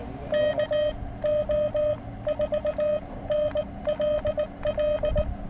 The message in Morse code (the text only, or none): KO4NLL